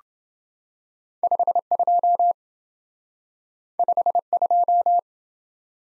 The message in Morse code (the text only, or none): 52 52